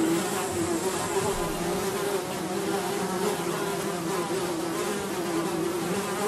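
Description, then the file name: Fly buzzing as a constant humming drone, several overlapping tones sustained without a break for the whole stretch. "flies buzzing"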